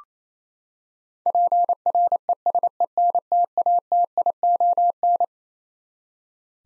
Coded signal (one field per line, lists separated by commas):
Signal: Morse code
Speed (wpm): 27 wpm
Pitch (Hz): 700 Hz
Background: none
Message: PRESENTATION